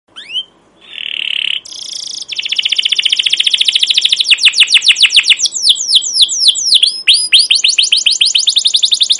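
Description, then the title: Canary singing a high, rapid chirping song, opening with buzzy notes and moving into quick repeated trills and sweeping downslurred whistles. Captive canary with a long chirping song, used as a lure to train young canaries to learn sounds. "CUIT CUIT NGEROL LANGSUNG GACOR PANJANG Kenari Ini AMPUH Utk Pancingan KENAR"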